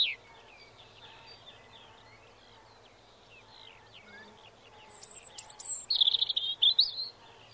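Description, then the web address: European robin singing a long, quiet, trickling phrase of thin high notes that swells near the end into louder rapid twittering and warbles, over a low steady hum. "Bird Song Site Robin - Rouge Gorge"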